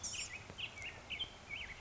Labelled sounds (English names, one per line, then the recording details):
Blue-gray Gnatcatcher
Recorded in Sonoma County, California